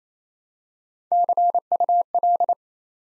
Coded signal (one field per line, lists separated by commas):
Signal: Morse code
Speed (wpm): 28 wpm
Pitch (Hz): 700 Hz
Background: none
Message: CUL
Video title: Top 90 QSO Elements 28wpm